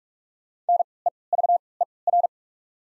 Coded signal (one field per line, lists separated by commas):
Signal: Morse code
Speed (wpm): 45 wpm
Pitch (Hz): 700 Hz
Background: none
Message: N E V E R